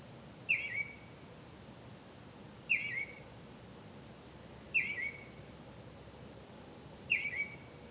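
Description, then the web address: Bird calls: short descending whistled notes with a brief trailing tail, repeated roughly every two seconds, four times, over soft background hiss. "misc bird"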